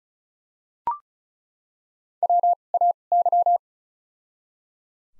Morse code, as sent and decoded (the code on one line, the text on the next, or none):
.-- / .- / -.--
W A Y